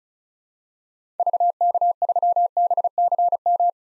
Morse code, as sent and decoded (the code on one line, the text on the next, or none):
...- -.- ...-- -... -.-. --
VK3BCM